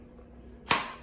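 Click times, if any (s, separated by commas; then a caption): 0.7 s. A nylon buttstock is pushed onto the receiver of a 1:1 scale M416 gel blaster and lined up. Low, quiet background noise fills the clip until the lock underneath catches with a single sharp, bright click at 0.7 s, which decays quickly. The buttstock is seated and locked in place.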